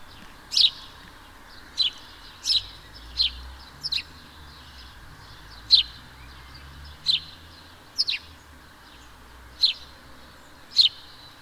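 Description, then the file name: House sparrow chirps, short bright notes given singly or in quick pairs about once a second. "Passer domesticus"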